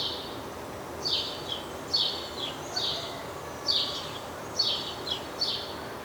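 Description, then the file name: House sparrow giving repeated harsh chirps, some in quick pairs, roughly once a second, with constant low hiss behind. "Passer domesticus"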